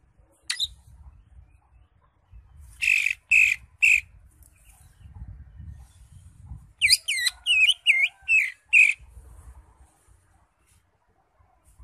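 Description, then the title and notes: Greater Green Leafbird song with three harsh buzzy notes, then a quick run of looping whistles over low background noise. Used as a training recording (masteran) for caged birds. "Suara Burung Cucak Ijo. mantap buat masteran burung cak ijo"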